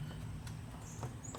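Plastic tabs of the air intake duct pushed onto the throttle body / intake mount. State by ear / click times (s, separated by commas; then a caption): not seated / none. The plastic retaining tabs of the air intake duct on a 1995–1999 5.7L Vortec engine are pushed on by hand onto the throttle body and intake mount while the intake assembly is reinstalled over the cleaned throttle body. Over a low steady hum, short plastic knocks come at about 0.5 s and 1.3 s. Nothing has seated or clicked yet.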